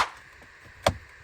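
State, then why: Released. A plastic retaining clip on the center console trim panel of a Jeep dashboard releases with a sharp click at 0.9 s as the console panel is pulled with both hands. The clip clicks free after a quiet stretch, and a fainter noise is heard right at the start.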